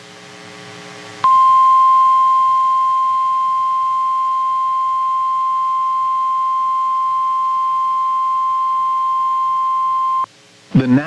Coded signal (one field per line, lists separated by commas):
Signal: Emergency Alert System (SAME) tones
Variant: 1050 Hz attention tone